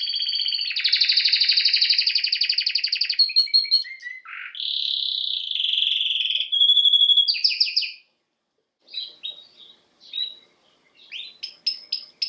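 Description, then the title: Domestic canary singing dense rolling trills and a low buzzy phrase, then stopping for a moment before scattered short chirps and whistled notes resume. Male Belgian canary singing a lot; used for canary training to warm up a young bird. "Esquente Seu Filhote E Canario Belga Macho Cantando Muito"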